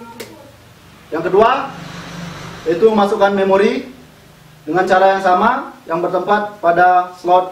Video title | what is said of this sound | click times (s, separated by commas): VIDEO PEMBELAJARAN DASAR-DASAR FOTOGRAPI UNTUK PEMULA Jurusan Teknologi Pendidikan (FIP) UNDIKSHA | Sampai bunyi klek kemudian tutup | 0.2 s